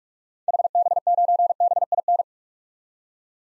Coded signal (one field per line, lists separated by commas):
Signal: Morse code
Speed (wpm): 46 wpm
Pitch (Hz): 700 Hz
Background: none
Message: HB9BIN